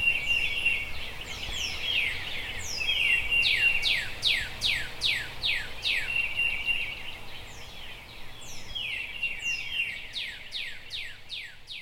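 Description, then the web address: Bird calls: fast runs of sharp downward-sweeping chirps with steady buzzy notes in between, over light background noise. "dist sound birds"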